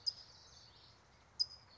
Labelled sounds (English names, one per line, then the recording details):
California Towhee
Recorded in Sonoma County, California